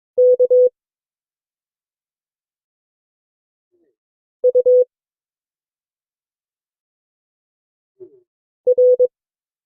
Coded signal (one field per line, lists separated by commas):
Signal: Morse code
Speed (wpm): 22 wpm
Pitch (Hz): 500 Hz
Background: none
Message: K U R